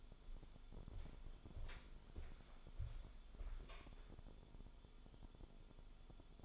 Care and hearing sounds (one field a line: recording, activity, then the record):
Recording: daily activity, microphone in the room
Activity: walk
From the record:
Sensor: 5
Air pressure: 1015.4 hPa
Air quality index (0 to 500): 178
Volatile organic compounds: 6 ppm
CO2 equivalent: 1936 ppm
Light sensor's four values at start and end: 41/94/38/38 and 41/94/38/38